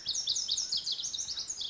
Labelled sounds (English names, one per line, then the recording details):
Pacific Wren
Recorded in Sonoma County, California